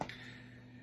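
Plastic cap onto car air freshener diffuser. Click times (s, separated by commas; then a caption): 0.0 s. A plastic cap is put back onto a Yankee Candle car air freshener diffuser and twisted into place. It clicks at 0.0 s with a sharp hit, then a quieter tick follows just after, over a faint steady hum. The cap is seated.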